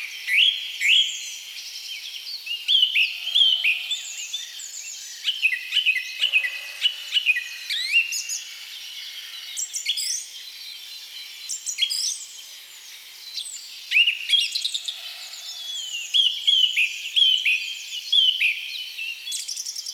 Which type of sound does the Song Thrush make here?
song